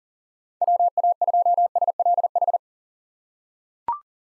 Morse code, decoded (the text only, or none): WA2SLH